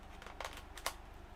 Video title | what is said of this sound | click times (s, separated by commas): Testing the Godox V100 Speedlight & X3 Trigger | One thing I will say, it's got a really satisfying click when that's locked into the hot shoe. | 0.9 s